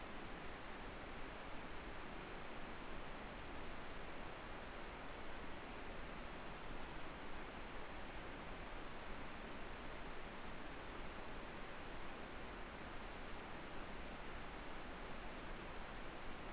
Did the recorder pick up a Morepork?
no